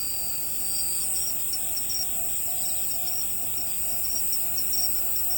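Cricket chirps as fast repeated pulses over a shrill constant whine, with a low steady hum underneath.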